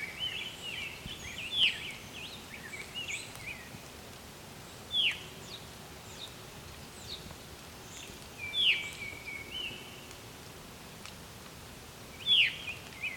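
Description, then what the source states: Veery calls, clear downslurred notes repeated roughly every three to four seconds over quieter background birdsong. Calling energetically while opening its wings, recorded very close; the veery is named for this 'veer-u' call.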